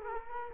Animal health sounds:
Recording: mosquito wingbeat signal from an infrared sensor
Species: Culex quinquefasciatus

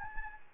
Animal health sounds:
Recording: mosquito wingbeat signal from an infrared sensor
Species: Anopheles gambiae

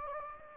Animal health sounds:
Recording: mosquito wingbeat signal from an infrared sensor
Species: Anopheles gambiae

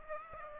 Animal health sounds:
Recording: mosquito wingbeat signal from an infrared sensor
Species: Aedes aegypti

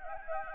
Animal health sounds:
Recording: mosquito wingbeat signal from an infrared sensor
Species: Anopheles gambiae

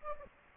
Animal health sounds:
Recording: mosquito wingbeat signal from an infrared sensor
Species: Anopheles gambiae

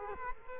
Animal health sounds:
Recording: mosquito wingbeat signal from an infrared sensor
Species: Culex quinquefasciatus

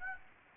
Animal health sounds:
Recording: mosquito wingbeat signal from an infrared sensor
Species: Aedes aegypti

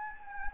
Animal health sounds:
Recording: mosquito wingbeat signal from an infrared sensor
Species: Anopheles gambiae

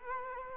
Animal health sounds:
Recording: mosquito wingbeat signal from an infrared sensor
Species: Culex quinquefasciatus

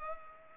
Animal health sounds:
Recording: mosquito wingbeat signal from an infrared sensor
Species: Culex pipiens

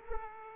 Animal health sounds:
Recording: mosquito wingbeat signal from an infrared sensor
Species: Aedes aegypti

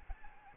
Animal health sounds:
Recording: mosquito wingbeat signal from an infrared sensor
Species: Aedes albopictus

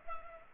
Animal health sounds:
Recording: mosquito wingbeat signal from an infrared sensor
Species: Culex pipiens

